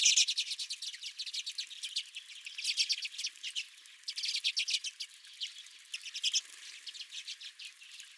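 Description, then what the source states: Redpolls twittering, dense runs of quick high chips and buzzy trills overlapping throughout, rising and falling in bursts. Several redpolls at the recordist's feeder.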